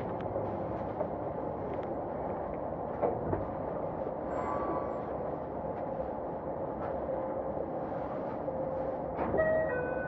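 A steady, dense low rumble from inside a moving train, with occasional rail clacks and a brief rising whine near the end.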